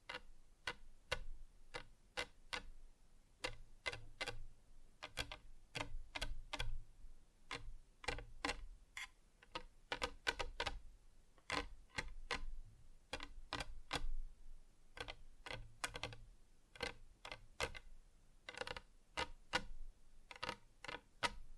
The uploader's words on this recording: ASMR Just Tapping (Different Surfaces No Talking).